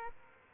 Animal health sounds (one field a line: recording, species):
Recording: mosquito wingbeat signal from an infrared sensor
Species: Aedes aegypti